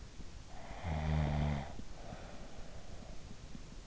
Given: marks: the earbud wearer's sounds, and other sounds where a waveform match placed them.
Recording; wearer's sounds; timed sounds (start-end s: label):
sounds in sleep by an in-ear microphone; snoring breath
0.19-3.59 s: snoring breath